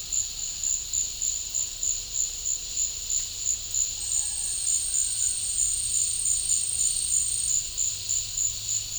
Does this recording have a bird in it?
no